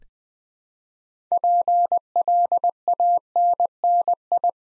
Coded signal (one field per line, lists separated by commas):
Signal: Morse code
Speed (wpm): 20 wpm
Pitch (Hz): 700 Hz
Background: none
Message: PLANNI